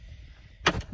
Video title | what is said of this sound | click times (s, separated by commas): Honda PCX Valve Adjustment- The Easiest Way Possible | So we'll sort of situate it in place, and then you can push down on it, feel the three things snap into place. | 0.7 s